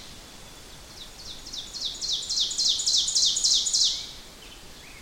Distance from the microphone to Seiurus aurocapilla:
about 20 m